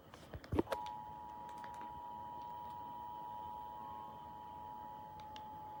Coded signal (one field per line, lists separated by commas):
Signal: Emergency Alert System (SAME) tones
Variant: 853 and 960 Hz attention tone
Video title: Severe Thunderstorm Warning for 2 CTcounties, 1 NY county | 12/19/25 | EAS Captures #20-#21